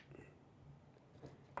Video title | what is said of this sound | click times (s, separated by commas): Will I LOSE WEIGHT with Mounjaro? Week 1 | so it is unlocked | 1.6 s